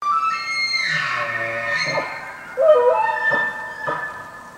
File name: bugle grunt